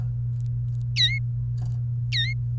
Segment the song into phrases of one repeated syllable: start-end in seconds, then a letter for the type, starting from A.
0.96-1.18 A, 2.12-2.33 A